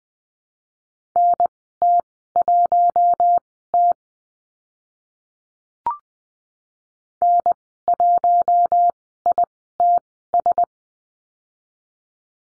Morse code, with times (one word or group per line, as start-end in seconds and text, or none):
1.2-3.9 NT1T
7.2-10.6 N1ITS